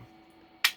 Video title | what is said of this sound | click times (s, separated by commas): Micro Roni vs MCK which is better??? | close our gate and push the gate forward this button here will pop up now | 0.6 s